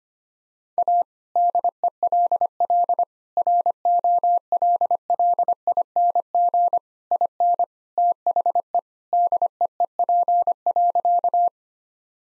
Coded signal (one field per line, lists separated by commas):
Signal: Morse code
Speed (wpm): 25 wpm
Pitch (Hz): 700 Hz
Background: none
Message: A DELL ROLLING IN THE DEEP.